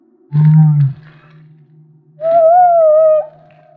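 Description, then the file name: Humpback whale song: a short low moan followed by a wavering tonal cry with faint harmonics, separated by a quiet gap. Recorded off Maui. "Humpback Whale - Maui Whale One"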